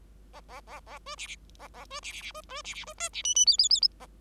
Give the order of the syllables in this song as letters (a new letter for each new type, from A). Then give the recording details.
A A A A B C C A A B C C C B B C C B D C E E F F F. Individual Bird5